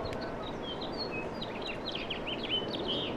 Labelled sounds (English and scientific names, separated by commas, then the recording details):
House Finch (Haemorhous mexicanus) song
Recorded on Long Island, New York, on 18 April 2012
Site GC
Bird C